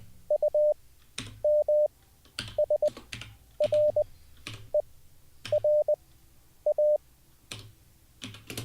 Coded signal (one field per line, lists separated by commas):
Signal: Morse code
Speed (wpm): 20 wpm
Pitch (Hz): 600 Hz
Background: none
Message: UMSRERA